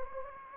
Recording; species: mosquito wingbeat signal from an infrared sensor; Anopheles gambiae